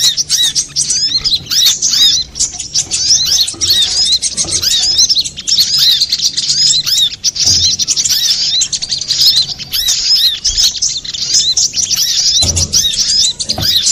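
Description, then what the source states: Little spiderhunter song: long unbroken chatter of very high, thin chirps and arching whistles, steady throughout with occasional faint low knocks. Master recording for training cage birds, labelled Labaik.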